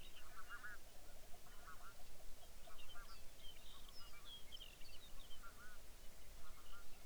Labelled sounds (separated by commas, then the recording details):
songbird, waterfowl, grouse or ptarmigan
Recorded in the Arctic National Wildlife Refuge, Alaska, on 23 May 2019 at 05:45
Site 49